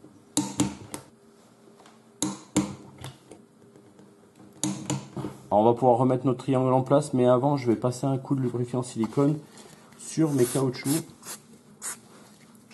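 A torque wrench set to 50 Nm tightens the 10 mm bolts holding a riveted suspension ball joint, giving sharp short clicks at 0.4 s, 2.2 s and 4.6 s, each followed by a softer tap. Someone then talks from about 5.5 s onward, and the wrench reaches its setting on each bolt.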